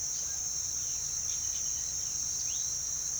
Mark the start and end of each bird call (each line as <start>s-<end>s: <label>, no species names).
0.08s-3.20s: bird call